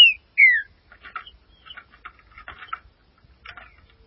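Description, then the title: Green-winged saltator: two bright downslurred whistles at the start, followed by soft chattering notes. "Trinca Ferro"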